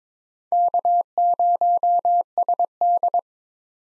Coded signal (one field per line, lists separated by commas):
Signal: Morse code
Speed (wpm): 22 wpm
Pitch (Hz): 700 Hz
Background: none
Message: K0SD